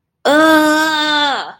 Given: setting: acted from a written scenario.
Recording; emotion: vocal sound without words; anger